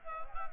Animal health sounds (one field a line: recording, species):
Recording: mosquito wingbeat signal from an infrared sensor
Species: Anopheles gambiae